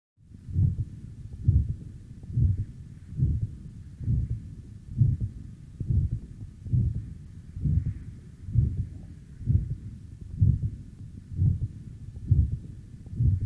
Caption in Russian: Самостоятельный систолический шум на легочной артерии выслушивается редко. При этом, чаще всего, он является функциональным, так как связан с несоответствием объемной скорости кровотока и просвета этого сосуда. Систолический шум в третьей точке аускультации у здорового молодого пациента с вегетососудистой дистонией.